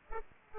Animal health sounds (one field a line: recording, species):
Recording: mosquito wingbeat signal from an infrared sensor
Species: Aedes aegypti